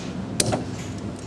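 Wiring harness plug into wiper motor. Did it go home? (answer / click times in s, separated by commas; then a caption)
yes / 0.4 s. The wiring harness plug is pushed back onto the wiper motor of a 2007 Nissan Murano after the wiper linkage is replaced. A single sharp, loud click at 0.4 s shows the connector seating, followed by a softer bump around 0.5 s. The plug is seated.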